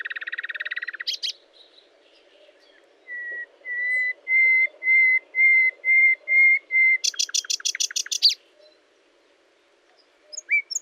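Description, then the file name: Common nightingale song: buzzy opening, then a crescendo of pure repeated whistles, ending in a fast rattling burst of sharp notes. "Luscinia megarhynchos"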